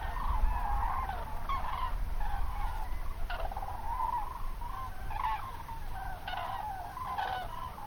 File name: grus grus